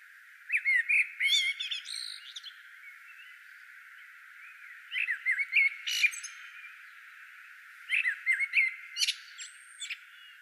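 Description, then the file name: Common blackbird singing phrases of squeaky, twittering notes and quick slurred chirps, three bursts with pauses between them. "Turdus merula"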